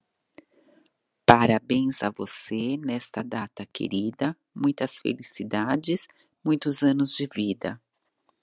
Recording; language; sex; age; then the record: short text; Brazilian Portuguese; female; 50 to 59 years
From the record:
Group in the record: control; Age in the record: 53 years